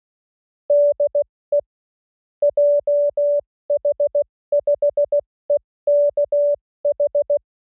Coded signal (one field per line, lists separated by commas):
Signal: Morse code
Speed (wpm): 16 wpm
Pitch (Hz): 580 Hz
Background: none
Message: DE JH5EKH